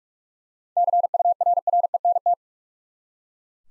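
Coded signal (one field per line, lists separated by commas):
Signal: Morse code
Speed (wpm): 41 wpm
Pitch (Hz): 700 Hz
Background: none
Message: CURRENT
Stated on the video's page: Seven-letter words sent at 45 wpm for head-copy practice, each word sent twice.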